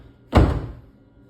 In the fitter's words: and give it just a nice firm click down. There